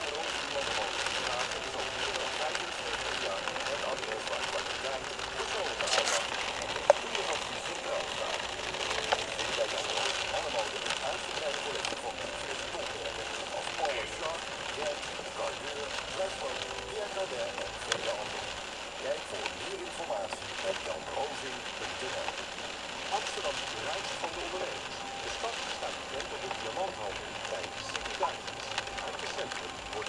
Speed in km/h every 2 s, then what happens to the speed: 0, 0, 0, 0, 0, 0, 0, 0, 0, 0, 0, 0, 0, 0, 0.
0-30 standing.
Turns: none.